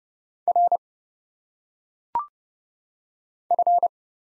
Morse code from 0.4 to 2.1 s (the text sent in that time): R